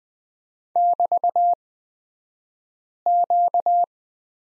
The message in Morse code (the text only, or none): <BT>Q